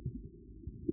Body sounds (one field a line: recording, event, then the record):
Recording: neck accelerometer signal played as sound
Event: no cough (speech, laughter, throat clearing or background)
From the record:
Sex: male